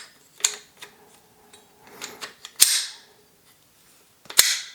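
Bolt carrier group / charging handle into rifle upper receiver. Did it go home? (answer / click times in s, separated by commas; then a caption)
yes / 4.4 s. A PSA bolt carrier group and SI charging handle are worked into a PSA 11.5" AR-15 upper receiver, paired with a PSA AR-15 pistol lower, making sharp metallic clacks at about 0.4 s and 2.6 s with softer scrapes between. A final loud clack at 4.4 s marks the assembly latching, and it is locked into place.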